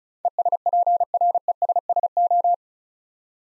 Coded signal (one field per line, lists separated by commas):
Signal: Morse code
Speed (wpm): 34 wpm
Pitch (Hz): 700 Hz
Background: none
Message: ESPRESSO